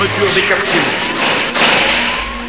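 Heavy thuds of interplanetary capsule hatches slamming shut as special forces board to leave the planet, a couple of sharp impacts standing out over a dense, continuous mechanical din with whining tonal hums running underneath.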